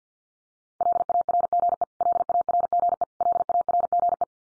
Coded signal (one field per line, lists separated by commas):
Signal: Morse code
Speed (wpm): 50 wpm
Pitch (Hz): 700 Hz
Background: none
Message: LARGE LARGE LARGE